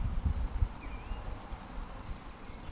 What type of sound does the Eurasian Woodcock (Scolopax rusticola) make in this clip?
whistle